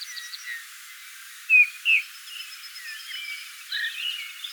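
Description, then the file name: Eurasian bullfinch calls, two short clear piping notes in quick succession, with faint chirps and whistles of other birds around them. "Pyrrhula pyrrhula"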